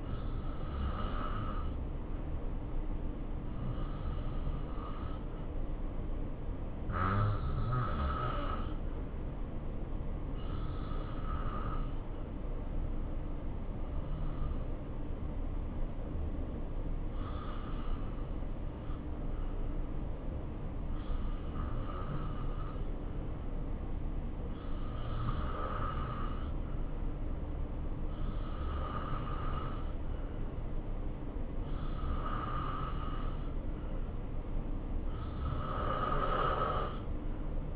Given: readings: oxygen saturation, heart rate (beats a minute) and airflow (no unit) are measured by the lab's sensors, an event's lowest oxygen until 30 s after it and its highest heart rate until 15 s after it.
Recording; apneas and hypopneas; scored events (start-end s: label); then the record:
breathing in sleep by a smartphone at the bedside; 1
10.00-30.90 s: hypopnea (N2, oxygen 90% highest, then 86% lowest, heart rate 69 at the start, 71 highest)
From the record:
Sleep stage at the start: N2 (light sleep); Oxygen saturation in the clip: 89 to 91%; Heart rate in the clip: 64 to 69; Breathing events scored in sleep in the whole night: 277 in 7.4 hours asleep